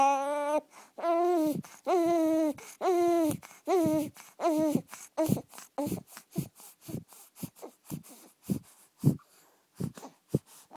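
A baby cries: several long, tonal wails at first, then shorter, broken sobbing bursts that repeat irregularly.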